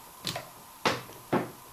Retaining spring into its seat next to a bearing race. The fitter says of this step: there and that's click back in